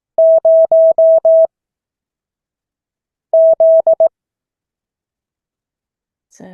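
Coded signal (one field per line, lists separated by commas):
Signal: Morse code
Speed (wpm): 18 wpm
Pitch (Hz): 650 Hz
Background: none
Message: 0 Z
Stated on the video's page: Morse code class.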